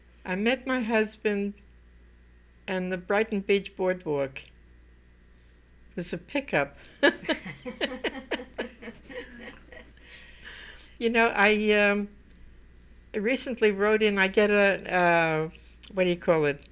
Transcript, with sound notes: I met my husband on the Brighton Beach boardwalk. It was a pickup. [They laugh] You know, I recently wrote in ----- I get a --- a ---- what do you call it,